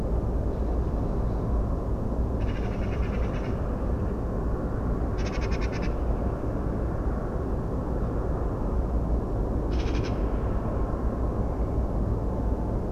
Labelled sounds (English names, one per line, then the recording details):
Eurasian Magpie
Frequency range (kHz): Eurasian Magpie 1.2-7.1 kHz
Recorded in France